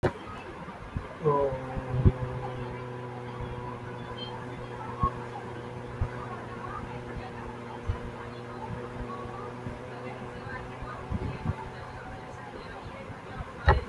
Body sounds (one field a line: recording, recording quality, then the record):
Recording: sustained vowel as in boot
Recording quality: excellent, no background noise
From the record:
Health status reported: healthy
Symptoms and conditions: none ticked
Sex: male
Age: 43 years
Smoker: not ticked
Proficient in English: yes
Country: India